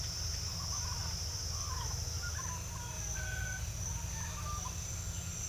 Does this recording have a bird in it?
yes